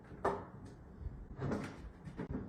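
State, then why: Not seated. The right arm's push-button connector is being handled and pushed toward the torso bracket of a Disney Haunted Mansion Headless Knight from Lowe's Code Orange 2024, with a sharp knock at 0.3 s and softer rustling handling noises through the clip. The clip ends before the connector goes home, so nothing has seated or clicked yet.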